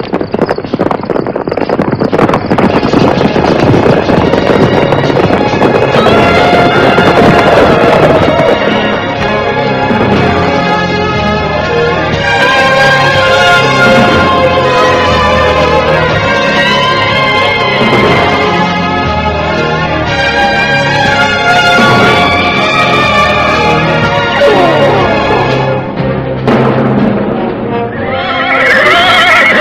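Dozens of horses carrying riders gallop in a loud, steady rush of pounding hooves, drawing ever nearer, with shrill whinnies and neighs rising above the drumming throughout. No one speaks.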